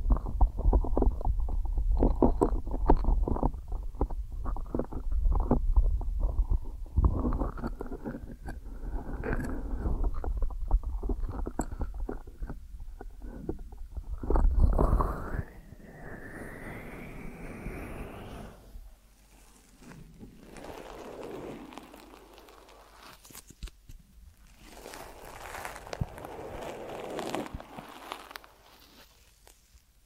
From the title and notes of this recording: ASMR Deep Ear Massage for Sleep(No Talking).